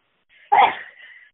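One forceful adult cough: a faint intake of breath, then a single sharp burst that fades within half a second.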